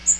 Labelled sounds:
Magnolia Warbler flight call

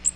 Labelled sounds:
Magnolia Warbler flight call

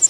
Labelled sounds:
Prairie Warbler flight call

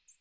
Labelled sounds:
American Redstart flight call

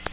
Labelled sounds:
Black-throated Blue Warbler flight call

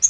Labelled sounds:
Yellow-rumped Warbler flight call

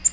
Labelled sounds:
Nashville Warbler flight call

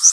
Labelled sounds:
Northern Waterthrush flight call

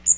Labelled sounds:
Magnolia Warbler flight call

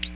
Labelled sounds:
Ovenbird flight call

